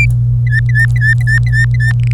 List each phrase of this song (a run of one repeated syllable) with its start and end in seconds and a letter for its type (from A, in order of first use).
0.46-1.92 A, 2.00-2.12 B